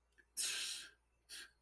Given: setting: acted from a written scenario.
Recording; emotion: vocal sound without words; contempt